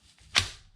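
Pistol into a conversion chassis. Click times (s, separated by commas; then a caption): 0.4 s. A pistol is slid forward into a conversion chassis until it seats with a single sharp, bright click at 0.4 s. A short tail fades over the next few tenths of a second, with low background rumble throughout. The pistol is seated in the chassis.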